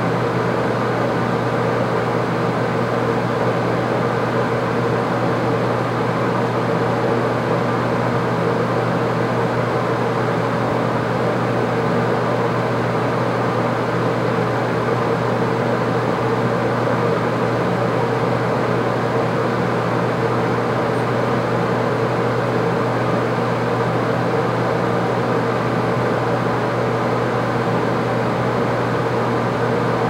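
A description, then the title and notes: A small fan whirs steadily in a quiet room, its sound unchanging for the whole stretch. The tone is a low, even hum with a soft airy hiss layered over it, dense, with no distinct events or other sounds. Quiet Room with Small Whirring Fan.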